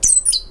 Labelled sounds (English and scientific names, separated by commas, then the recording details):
Stitchbird (Notiomystis cincta) song
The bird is a male
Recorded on Tiritiri Matangi Island, New Zealand, in 2005
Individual 18, of nest box 26